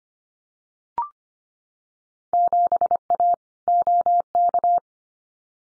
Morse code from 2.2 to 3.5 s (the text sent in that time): 7A